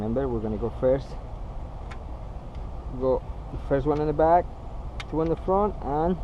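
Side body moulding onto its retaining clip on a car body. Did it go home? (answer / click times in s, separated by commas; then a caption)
no / none. A side body moulding on a 2013 Lexus IS 250 convertible is handled against its retaining clip on the car body while someone talks over a steady low background hum. Nothing has seated or clicked yet.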